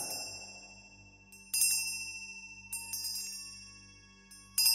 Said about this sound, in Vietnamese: Chuông treo quanh xác Kim Liên rung lắc dữ dội, tiếng len keng vang lên chói tai